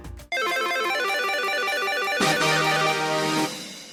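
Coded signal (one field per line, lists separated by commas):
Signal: none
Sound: music beeps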